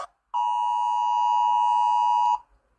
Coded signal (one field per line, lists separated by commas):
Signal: Emergency Alert System (SAME) tones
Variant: 853 and 960 Hz attention tone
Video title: EAS alarm compilation 1